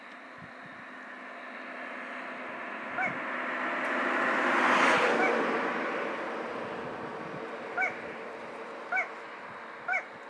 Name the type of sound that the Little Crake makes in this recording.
song